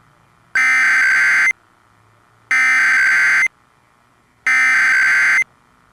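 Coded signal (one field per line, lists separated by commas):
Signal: Emergency Alert System (SAME) tones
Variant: header bursts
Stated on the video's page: Fictional EAS scenario, a mock.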